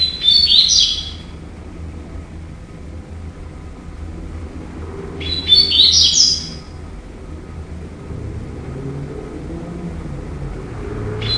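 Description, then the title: Double-collared seedeater song: two brief high warbled phrases roughly five seconds apart and the start of a third at the very end, with a low rumble in the background. "Canto Coleiro"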